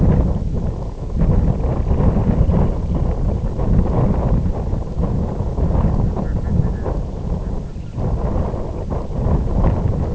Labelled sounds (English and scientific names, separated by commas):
unidentified sound, Red-throated Loon (Gavia stellata)